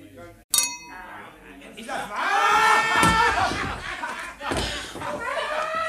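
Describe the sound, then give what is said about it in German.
A single bright, ringing clink of glasses touching in a toast sounds near the start, its high tone lingering briefly before several voices break into loud, overlapping chatter. “Und darauf stoßen wir jetzt mal an.”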